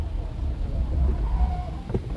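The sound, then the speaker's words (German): A car pulls up and parks behind an aircraft at a crash site, with a steady, low engine rumble throughout, a faint thin whine rising briefly in the middle and a short soft knock just before the end. “Ich parke den Wagen da hinter der Maschine.”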